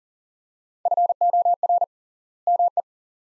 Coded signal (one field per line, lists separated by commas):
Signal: Morse code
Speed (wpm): 40 wpm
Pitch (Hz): 700 Hz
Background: none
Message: FOR ME